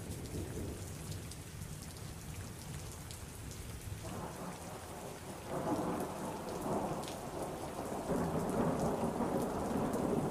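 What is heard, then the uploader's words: Steady rain patters throughout while thunder rolls low and continuous underneath. Around four seconds the rumble swells and grows louder, building again near eight seconds into a heavy, sustained roll. Light tapping of drops stays dense the whole time. A magical rainstorm with rolling thunder. After a long drought in our area, we were gifted with this magical rain. Rolling thunder and light tapping add to the beauty of this recording.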